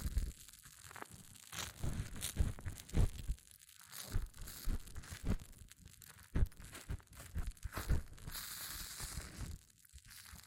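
Hair mousse fizzes and crackles in dense, irregular bursts of crisp popping and crinkling, with brief quieter gaps around four and ten seconds. Soft thumps and squishes punctuate the texture, and a bright hissing fizz rises between eight and nine seconds.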